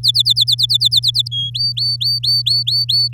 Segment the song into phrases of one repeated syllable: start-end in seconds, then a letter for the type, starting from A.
0.03-1.28 A, 1.31-1.50 B, 1.54-3.13 C